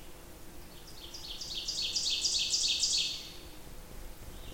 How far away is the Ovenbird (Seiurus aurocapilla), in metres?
about 35 m